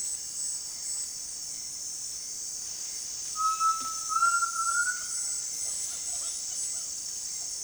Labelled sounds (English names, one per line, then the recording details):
Undulated Tinamou
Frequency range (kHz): Undulated Tinamou 0.4-2.3 kHz
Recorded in dense forest near Puerto Asís, Putumayo, Colombia, on 20 February 2024 at 18:00
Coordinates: 0.466, -76.327
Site G6413